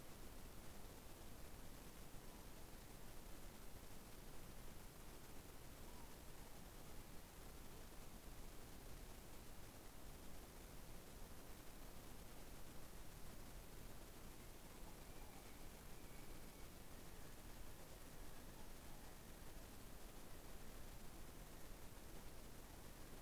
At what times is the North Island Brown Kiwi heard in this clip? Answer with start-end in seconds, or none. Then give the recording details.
14.19-23.21. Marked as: faintness 5/5. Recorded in New Zealand on 21 November 2014. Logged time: 02:28. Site CL78